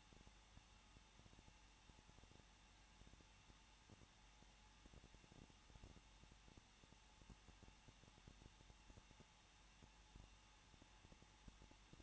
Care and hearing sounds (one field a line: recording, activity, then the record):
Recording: daily activity, microphone in the room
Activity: no activity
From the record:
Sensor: 1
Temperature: 20.1 degrees Celsius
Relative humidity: 39.2%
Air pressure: 1006.3 hPa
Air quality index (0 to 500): 218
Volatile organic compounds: 77 ppm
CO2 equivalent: 3583 ppm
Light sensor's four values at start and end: 1/2/1/1 and 1/2/1/1